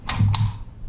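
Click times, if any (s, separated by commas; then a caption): 0.3 s. A detachable box magazine is gently pushed into the magazine well of a Panzer AR 12PRO semi-auto shotgun until the catch engages. A short metallic tap at 0.1 s is followed by a sharp click at 0.4 s over a low hum. The magazine clicks home and is fully seated.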